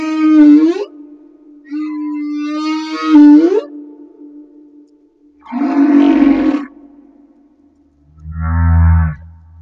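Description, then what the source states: Humpback whale song with two steady mid-pitched tones ending in quick upward sweeps, then a harsh groan and a deep, rumbling grunt. Recorded off Madagascar.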